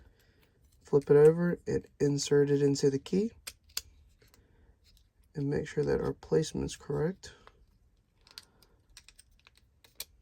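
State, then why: Not seated. The plastic front plate of a 3D-printed flintlock prop mechanism is flipped over and fitted onto the key while someone talks. Light taps and handling clicks are heard between the speech, with a few sharper ticks near the end. Nothing has seated or clicked into place yet.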